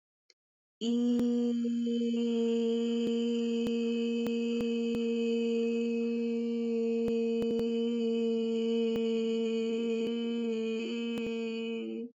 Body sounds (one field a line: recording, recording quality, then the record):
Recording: sustained vowel as in beet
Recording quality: excellent, no background noise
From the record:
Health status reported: COVID-19 positive, no symptoms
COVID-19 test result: positive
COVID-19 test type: RT-PCR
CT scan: not taken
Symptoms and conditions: fever, fatigue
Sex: female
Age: 24 years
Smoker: no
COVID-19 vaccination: both doses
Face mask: not worn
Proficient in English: yes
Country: India